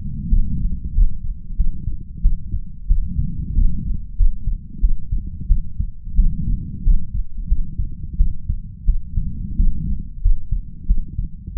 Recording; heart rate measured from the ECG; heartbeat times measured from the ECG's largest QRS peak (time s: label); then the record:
heart sounds by stethoscope; 91 bpm
0.28 s: heartbeat
0.93 s: heartbeat
1.55 s: heartbeat
2.21 s: heartbeat
2.86 s: heartbeat
3.54 s: heartbeat
4.16 s: heartbeat
4.79 s: heartbeat
5.47 s: heartbeat
6.14 s: heartbeat
6.83 s: heartbeat
7.47 s: heartbeat
8.16 s: heartbeat
8.84 s: heartbeat
9.55 s: heartbeat
10.20 s: heartbeat
10.85 s: heartbeat
11.53 s: heartbeat
From the record:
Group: healthy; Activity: rest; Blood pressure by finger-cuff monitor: 114/63 mmHg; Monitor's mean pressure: 80 mmHg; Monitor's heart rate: 92 bpm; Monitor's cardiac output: 8.4 L/min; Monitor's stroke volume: 90 mL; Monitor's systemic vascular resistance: 670 dyn s/cm5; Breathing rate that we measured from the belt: 20 breaths a minute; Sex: female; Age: 26 years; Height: 165 cm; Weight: 55 kg